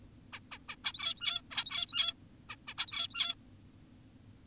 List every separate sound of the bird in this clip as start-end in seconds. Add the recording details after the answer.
0.33-0.40, 0.52-0.58, 0.69-0.76, 0.84-1.42, 1.51-2.14, 2.49-2.56, 2.68-2.74, 2.78-3.35. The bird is an adult. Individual g17y2U